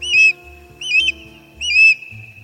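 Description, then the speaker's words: Osprey calls: three clear, high whistled notes, each slightly rising then level, spaced about three quarters of a second apart, over a low background. Ospreys take fish from lakes and ponds for their dinner. "It was an osprey, a likely suspect."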